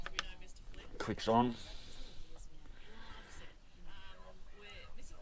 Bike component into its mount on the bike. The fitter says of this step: Just push down. Clicks on.